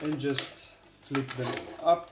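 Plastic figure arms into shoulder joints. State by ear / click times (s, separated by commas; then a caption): not seated / none. The plastic arms of a large Hasbro Armada Unicron transforming robot figure are being flipped up toward their shoulder joints during transformation while someone talks. Soft plastic handling and rustling sounds come through under the voice. The arms have not snapped into place yet, and nothing has seated or clicked.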